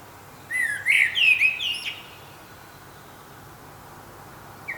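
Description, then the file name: Common blackbird giving one rich whistled phrase that breaks into squeaky high twitters, followed by several seconds of quiet. "Turdus merula"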